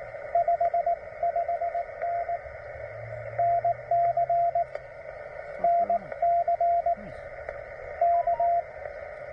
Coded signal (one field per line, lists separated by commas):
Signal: Morse code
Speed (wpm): 17 wpm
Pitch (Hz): 690 Hz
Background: radio noise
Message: 55N NC NC K